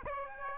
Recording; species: mosquito wingbeat signal from an infrared sensor; Aedes aegypti